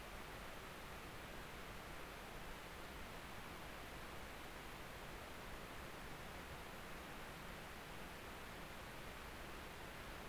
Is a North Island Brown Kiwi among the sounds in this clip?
no